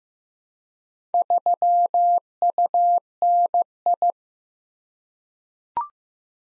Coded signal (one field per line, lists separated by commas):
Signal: Morse code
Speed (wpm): 15 wpm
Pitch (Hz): 700 Hz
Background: none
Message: 3UNI